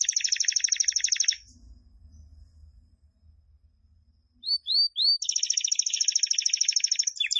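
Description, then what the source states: Canary singing a fast rolling trill, falling silent for about three seconds, then three quick upslurred chirps before another rapid buzzing roll. Described as gacor, singing vigorously and continuously.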